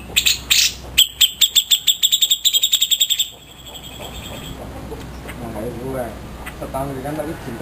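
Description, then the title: Grey-cheeked bulbul song: a quick burst of repeated high chattering notes, then quieter wavering, buzzy sounds beneath a background hiss. Song used to train cage birds. "Cucak Jenggot Masteran Durasi Panjang"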